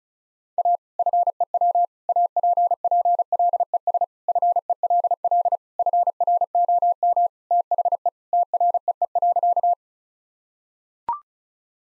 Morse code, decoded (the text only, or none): A FEW APPLES FELL FROM THE TREE.